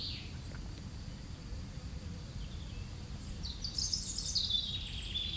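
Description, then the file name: European robin giving a brief high note, then a short, sparkling, high-pitched twittering phrase near the end, against a low rumbling background. Recorded 9 May 2022 at 09:41. "erirub-sn 02-20220509-094100"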